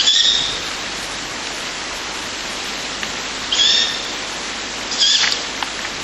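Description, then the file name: Ural owl chick begging as brief wheezy hisses, one at the start and two more later on, against a steady rushing background. Ural owl chicks being fed by a parent. "フクロウ雛親より給餌 遠藤"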